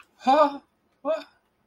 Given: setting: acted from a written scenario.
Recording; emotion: vocal sound without words; sadness